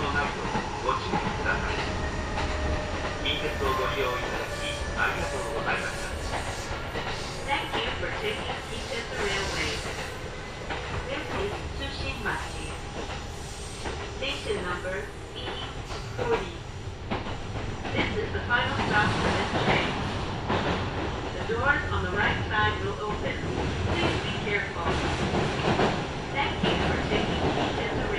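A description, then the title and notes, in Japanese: Inside a local stopping train running between stations, a steady low rumble of wheels and motor fills the whole 28 seconds. Faint voices murmur now and then, and the ride grows a little louder and busier after the twentieth second. 近鉄名古屋線各駅停車 白子→津新町。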